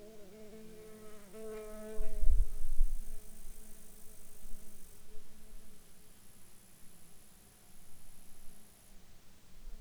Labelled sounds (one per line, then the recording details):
insects
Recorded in Ivvavik National Park, Yukon, on 8 July 2019 at 12:14
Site SINP09